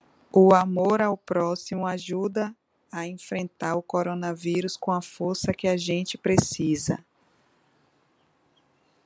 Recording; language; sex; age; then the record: spoken sentence; Brazilian Portuguese; female; 40 to 49 years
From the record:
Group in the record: control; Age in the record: 42 years